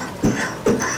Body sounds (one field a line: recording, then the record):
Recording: coughing mixed with background sound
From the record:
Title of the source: Spring Cold Coughing 3